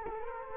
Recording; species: mosquito wingbeat signal from an infrared sensor; Culex quinquefasciatus